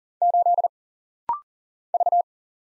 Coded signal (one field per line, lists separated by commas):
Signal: Morse code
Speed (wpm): 39 wpm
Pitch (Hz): 700 Hz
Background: none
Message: 8 V